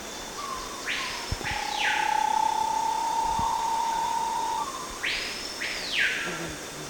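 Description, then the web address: Bahia tapaculo with a long, rapid, level trill lasting about three seconds, framed by broad sweeping whoosh sounds before and after. "Bahia tapaculo. صدای-پرنده-تپلک-باهیا"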